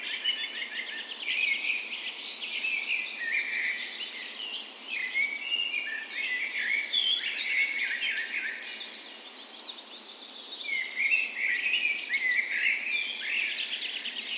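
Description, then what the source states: Dawn chorus birds, layered twittering, trills and bright whistled notes from many singers, easing briefly before building again. Dawn chorus in a park west in Bergen, Norway; morning of 17 May, Norway's National Day, spring; recorded on Sony PCM A10 with LOM Micro Usi mics as tree ears.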